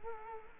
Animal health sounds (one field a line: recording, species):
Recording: mosquito wingbeat signal from an infrared sensor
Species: Culex quinquefasciatus